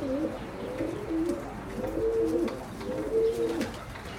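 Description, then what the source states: Pigeon cooing, low soft phrases repeated about once a second over faint background noise. Berlin, Germany, 2022.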